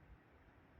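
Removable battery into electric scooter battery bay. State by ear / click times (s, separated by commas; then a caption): not seated / none. A removable battery is handled at the battery bay of an electric scooter, but it has not yet clicked or seated in its slot. A steady low rumbling noise runs throughout, with no distinct sharp sounds. No one talks.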